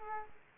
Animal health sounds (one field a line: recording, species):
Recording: mosquito wingbeat signal from an infrared sensor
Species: Culex quinquefasciatus